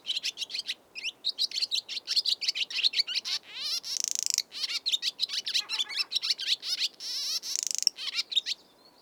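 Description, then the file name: Barn swallow twittering: a fast, continuous stream of bright chirps and warbles, broken twice by a dry, grating rattle. "Barn Swallow - Hirundo rustica"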